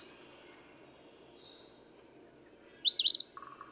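Eastern phoebe delivering a single buzzy phrase near the end, preceded by faint thin whistles and followed by brief low chatter.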